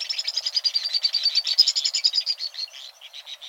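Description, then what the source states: White-throated Swift twittering calls, a rapid run of shrill, high chattering notes that slows and thins toward the end. A pair careening at high speed through a western canyon, shrill notes ricocheting off sheer stone walls.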